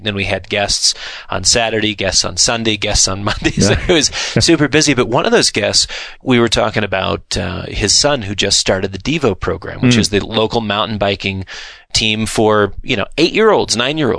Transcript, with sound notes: Then we had guests on Saturday, guests on Sunday, guests on Monday, (laughs) so it was super busy. But one of those guests, we were talking about his son who just started the Devo program, which is the local mountain biking team for 8-year-olds, 9-year-olds.